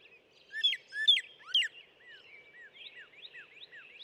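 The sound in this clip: Northern cardinal singing three strong, sweeping slurred notes, then a long string of quieter whistled notes to the end.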